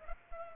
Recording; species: mosquito wingbeat signal from an infrared sensor; Culex pipiens